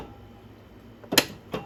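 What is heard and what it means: A steering wheel bushing is pressed into its seat on a riding mower steering column, with quiet room tone before a sharp, loud snap at 1.2 s and a softer knock at 1.5 s. The bushing seats at 1.2 s, and the steering is still loose but better.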